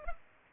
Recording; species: mosquito wingbeat signal from an infrared sensor; Culex pipiens